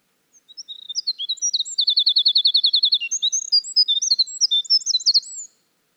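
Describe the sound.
Winter wren singing one long bubbling phrase of high tinkling notes and a rapid trill, lasting about five seconds before stopping.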